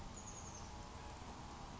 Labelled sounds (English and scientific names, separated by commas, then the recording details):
Oak Titmouse (Baeolophus inornatus)
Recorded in Sonoma County, California